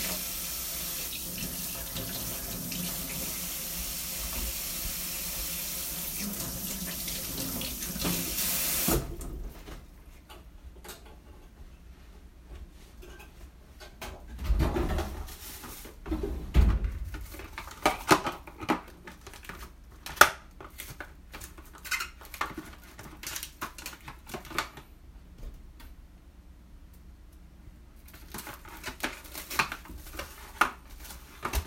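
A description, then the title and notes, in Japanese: Kitchen sounds: a tap runs with a steady hiss for about nine seconds, then stops, leaving scattered clicks, knocks and light clattering. キッチンの音。水の音が心地よい！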